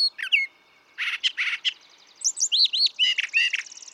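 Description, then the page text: Brown thrasher singing a quick medley of high slurred notes and harsher broad chirps, paired phrases following one another with little pause. Same male throughout, one of several selections totalling about three and a quarter hours; repertoire estimated at about 1300 songs, including imitations of other species. "Birdsong for the Curious Naturalist. Brown thrasher"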